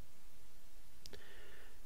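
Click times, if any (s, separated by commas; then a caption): 1.1 s. The two plastic halves of an NES cartridge shell holding a Pi Zero are pressed together by hand and snap shut with a sharp, short click at 1.1 s, followed by a softer tick just after. Faint music plays underneath, and the shell is seated closed.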